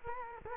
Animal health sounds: mosquito wingbeat signal from an infrared sensor; Culex quinquefasciatus

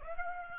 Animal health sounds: mosquito wingbeat signal from an infrared sensor; Aedes aegypti

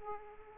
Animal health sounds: mosquito wingbeat signal from an infrared sensor; Aedes aegypti

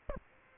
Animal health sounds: mosquito wingbeat signal from an infrared sensor; Aedes albopictus

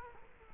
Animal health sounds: mosquito wingbeat signal from an infrared sensor; Culex quinquefasciatus

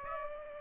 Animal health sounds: mosquito wingbeat signal from an infrared sensor; Aedes aegypti

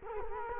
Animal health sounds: mosquito wingbeat signal from an infrared sensor; Culex quinquefasciatus

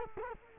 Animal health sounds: mosquito wingbeat signal from an infrared sensor; Culex quinquefasciatus

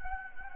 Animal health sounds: mosquito wingbeat signal from an infrared sensor; Anopheles gambiae

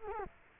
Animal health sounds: mosquito wingbeat signal from an infrared sensor; Culex quinquefasciatus

